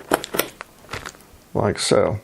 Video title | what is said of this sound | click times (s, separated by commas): Upgrading Wife's Windows XP PC | then you push down until this retention ring snaps in place like | 0.1 s, 0.4 s